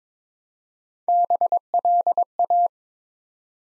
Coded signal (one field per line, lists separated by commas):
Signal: Morse code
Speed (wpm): 23 wpm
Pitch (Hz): 700 Hz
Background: none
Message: BLA